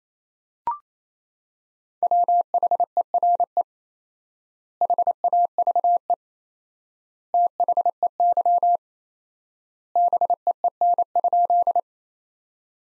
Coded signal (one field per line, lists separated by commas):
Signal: Morse code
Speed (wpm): 28 wpm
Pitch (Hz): 700 Hz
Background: none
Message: WHERE HAVE THEY BEEN?